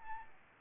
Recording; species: mosquito wingbeat signal from an infrared sensor; Aedes albopictus